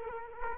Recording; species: mosquito wingbeat signal from an infrared sensor; Culex quinquefasciatus